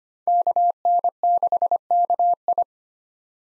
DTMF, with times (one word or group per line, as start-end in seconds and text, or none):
none